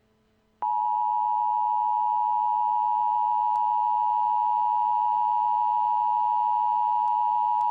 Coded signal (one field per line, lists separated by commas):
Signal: Emergency Alert System (SAME) tones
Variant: 853 and 960 Hz attention tone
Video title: EAS Scenario - Economic Riot